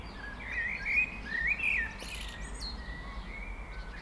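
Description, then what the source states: Eurasian blackbird singing two or three fluty, slurred phrases in the first two seconds, then quieter, with steady low background noise. Blackbirds heard at Serrières-en-Chautagne, France, on the way to the ViaRhôna while young cyclists pass by.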